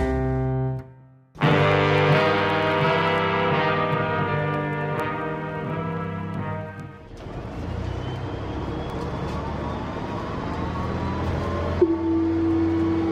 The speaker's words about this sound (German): Görlitzer Bahnhof.